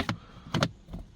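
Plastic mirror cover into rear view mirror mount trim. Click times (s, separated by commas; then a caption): 0.6 s. A plastic rear view mirror cover trim piece on a 2022–2024 Kia EV6 is lined up by its line with the little square and pushed back into the mirror mount trim. Two sharp plastic snaps land at 0.5 and 0.6 s, after a pair of similar clicks at the very start and fainter taps near 0.9 and 1.2 s. The cover snaps in and is seated.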